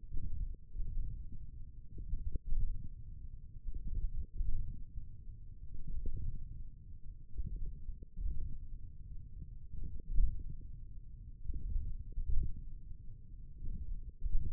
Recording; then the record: forearm muscle sounds (acoustic myography)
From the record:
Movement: hand closing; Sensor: system 1, eight BSWA MPA416 microphones around the upper forearm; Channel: 1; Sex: male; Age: 28 years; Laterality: right